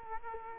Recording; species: mosquito wingbeat signal from an infrared sensor; Culex quinquefasciatus